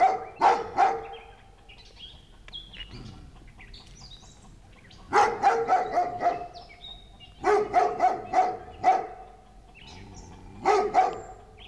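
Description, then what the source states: Dog barking in bursts of several barks with pauses between. Large dog barking in the distance.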